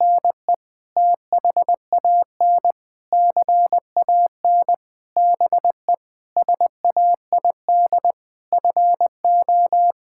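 Morse code beeps on a single steady mid-pitched tone, short dots and longer dashes grouped into words with brief silent gaps between them.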